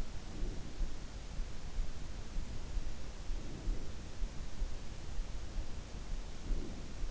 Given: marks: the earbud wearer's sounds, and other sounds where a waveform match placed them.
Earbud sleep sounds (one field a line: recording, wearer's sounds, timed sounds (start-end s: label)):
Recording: sounds in sleep by an in-ear microphone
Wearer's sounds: breath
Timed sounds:
0.00-0.78 s: breath
3.20-4.09 s: breath
6.30-7.02 s: breath